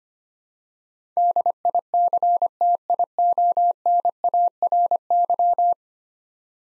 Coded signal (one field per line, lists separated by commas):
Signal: Morse code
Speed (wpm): 25 wpm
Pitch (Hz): 700 Hz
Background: none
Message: DICTIONARY